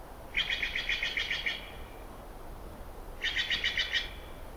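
Steller's jay calling in two quick rasping bursts of several notes each, separated by a short pause, with faint low background noise.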